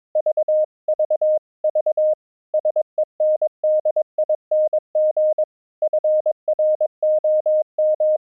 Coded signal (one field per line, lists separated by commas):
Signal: Morse code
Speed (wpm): 22 wpm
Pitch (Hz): 620 Hz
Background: none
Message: VV V SENDING FROM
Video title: Low Latency Audio Streaming using the FREE AUDIO SERVER from StreamYourAudio.Com, Morse code example